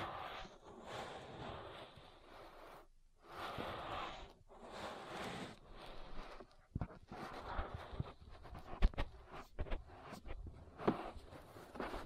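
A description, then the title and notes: Ear massage sounds: soft, breathy rubbing swishes in slow waves with short pauses, giving way to sharper scattered taps and crackles after six seconds. ASMR Relaxing Ear Massage. (No Talking).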